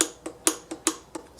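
A click-type torque wrench set to 16 foot-pounds re-checks bolts on a car engine. Sharp clicks sound at 0.0, 0.5 and 0.9 seconds, with softer ticks between them, and the bolts are confirmed all good to go.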